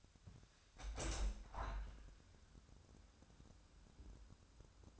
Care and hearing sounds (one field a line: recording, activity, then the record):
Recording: daily activity, microphone in the room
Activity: open window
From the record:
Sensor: 2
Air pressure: 1006.4 hPa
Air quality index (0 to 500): 196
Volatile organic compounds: 13 ppm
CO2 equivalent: 2396 ppm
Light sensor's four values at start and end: 8/21/8/9 and 9/22/9/9